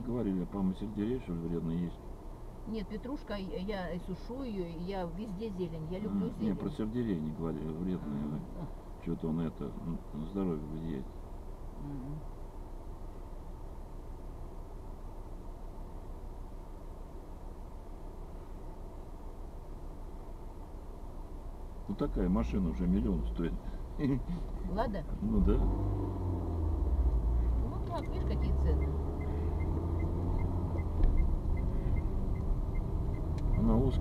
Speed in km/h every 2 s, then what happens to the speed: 1, 1, 0, 0, 0, 0, 0, 0, 0, 0, 0, 1, 1, 4, 15, 19, 22.
0-25 standing. 25-34 pulls away to 22.